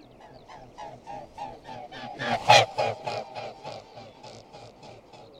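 Mute swan giving short honking calls in a rapid series, about three or four a second, louder midway before fading again.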